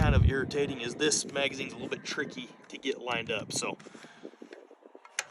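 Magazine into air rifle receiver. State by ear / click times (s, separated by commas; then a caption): seated / 5.2 s. Someone talks while lining up the magazine of an FX Impact Mark 3 air rifle, which is tricky to get aligned, followed by a few faint small clicks as it is worked into the receiver. A sharp, loud hit at 5.2 s marks the magazine seating in the rifle.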